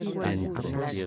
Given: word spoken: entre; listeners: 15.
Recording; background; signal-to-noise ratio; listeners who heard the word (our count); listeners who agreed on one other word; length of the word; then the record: one Spanish word in noise, from a listening test; four-talker babble; -2.2 dB; 2 of 15; 6 of 15; 0.67 s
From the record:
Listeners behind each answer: 6, 2, 2, 1, 1, 1, 1, 1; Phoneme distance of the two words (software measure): 17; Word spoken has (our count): 2 syllables, 5 phonemes, stress on syllable 1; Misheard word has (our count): 2 syllables, 6 phonemes, stress on syllable 1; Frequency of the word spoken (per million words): 1753.38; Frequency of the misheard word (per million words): 370.77